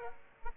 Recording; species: mosquito wingbeat signal from an infrared sensor; Aedes aegypti